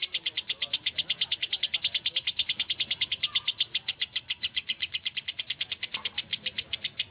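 Lovebird chattering: a fast, steady run of many shrill, clipped chirps, continuing without a break.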